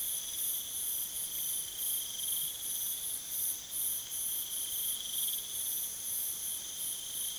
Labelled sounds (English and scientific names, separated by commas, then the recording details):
none
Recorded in pastures near Puerto Asís, Putumayo, Colombia, on 30 June 2025 at 23:30
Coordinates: 0.486, -76.323
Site H29